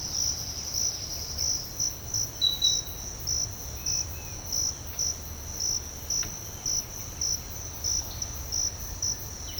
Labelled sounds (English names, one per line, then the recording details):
none
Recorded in secondary vegetation near Puerto Asís, Putumayo, Colombia, on 13 March 2025 at 06:30
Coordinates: 0.498, -76.327
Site G001